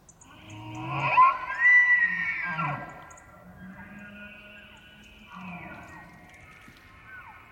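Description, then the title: Elk bugle: a rising, squealing whistle over lower tones, then a second, fainter bugle a few seconds later. Bulls challenging during the rut, morning of 18 September from pre-dawn, Colockum Wildlife Area, Washington; high plateau with dry grass and ponderosa pine stands; after a night wind storm; double M/S recording. "Elk Bull Challenging Roars"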